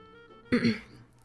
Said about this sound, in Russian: Сделав небольшую паузу, Субару откашлялся и спросил.